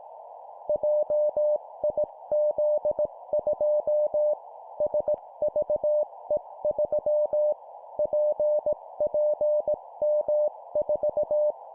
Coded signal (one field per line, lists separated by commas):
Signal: Morse code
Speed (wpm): 18 wpm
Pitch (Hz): 600 Hz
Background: none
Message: JIZ2 SVE3 PPM4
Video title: 17wpm Four letter words letter,letter,letter,number, morse code course